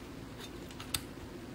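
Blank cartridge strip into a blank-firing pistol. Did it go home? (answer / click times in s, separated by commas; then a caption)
yes / 0.9 s. A strip of six 6 mm blanks is fed into an upside-down RG Rohm RG3 blank-firing starter pistol until it locks in place. A faint shuffle at 0.8 s leads into a sharp, bright click at 1.0 s as the strip seats. A low steady hum runs underneath.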